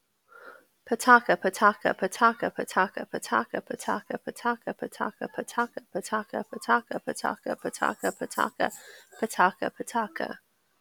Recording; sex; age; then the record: repeated syllables /pa ta ka/; female; 30 to 39 years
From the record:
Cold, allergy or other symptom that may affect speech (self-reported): no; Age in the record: 39 years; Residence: Georgia, United States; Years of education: 16